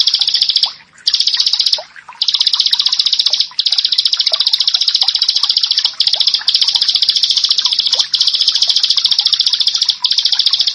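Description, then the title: Prinia song: sustained rapid buzzy trilling, high-pitched and loud, broken by a few short gaps. "Ciblek Sawah"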